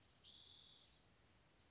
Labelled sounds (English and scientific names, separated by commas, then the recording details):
Spotted Towhee (Pipilo maculatus)
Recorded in Sonoma County, California